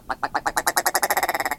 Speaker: With its rubbery sounding rattles and clownish red eyebrows, the ptarmigan is quite the standout northern bird.